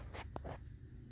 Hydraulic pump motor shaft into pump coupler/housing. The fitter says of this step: am flush with the housing, and you can hear it click where I'm engaged into the coupler.